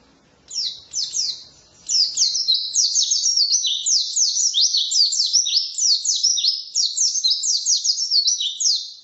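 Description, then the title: White-eye singing a long run of fast, sharp, high chirping notes that rise and fall. Forest-type white-eye ('ngalas'), isian filler song used for masteran, tutoring captive songbirds. "mster Mnuk. Pleci ngalas isian untuk masteran"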